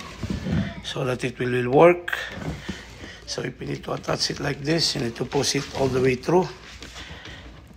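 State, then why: Not seated. Someone talks while handling an attachment for a cordless vacuum, working to push it all the way into the vacuum's plastic body. Nothing has clicked or seated yet; the clip ends before the attachment goes home, with only brief faint handling sounds near the end.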